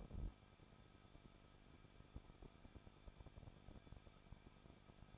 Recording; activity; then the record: daily activity, microphone in the room; no activity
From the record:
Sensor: 5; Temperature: 20.9 degrees Celsius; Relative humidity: 38.2%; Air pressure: 1006.4 hPa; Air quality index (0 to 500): 187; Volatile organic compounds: 18 ppm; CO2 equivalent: 2626 ppm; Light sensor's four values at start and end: 2/3/1/1 and 2/3/1/1